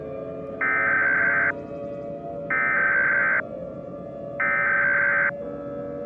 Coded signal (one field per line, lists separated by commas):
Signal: Emergency Alert System (SAME) tones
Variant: header bursts